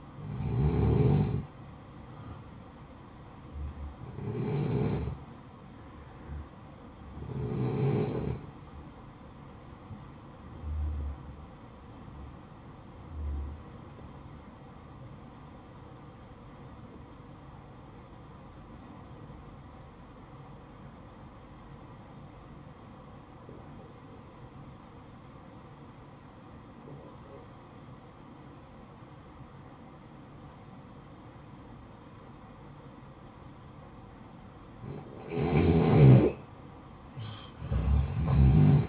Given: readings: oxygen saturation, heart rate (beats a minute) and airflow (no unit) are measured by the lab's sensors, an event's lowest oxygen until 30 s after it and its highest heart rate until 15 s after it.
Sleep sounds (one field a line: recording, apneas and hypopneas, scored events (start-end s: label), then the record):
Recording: a person awake in a sleep study, by a smartphone at the bedside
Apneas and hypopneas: 1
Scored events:
11.00-38.89 s: new sleep stage, awake
14.00-34.70 s: obstructive apnea (scored as awake, oxygen 94% highest, then 88% lowest, heart rate 60 at the start, 68 highest)
14.00-38.89 s: awake
From the record:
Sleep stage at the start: N1 (lightest sleep)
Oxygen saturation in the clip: 85 to 94%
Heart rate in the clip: 55 to 72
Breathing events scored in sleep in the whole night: 573 in 9.8 hours asleep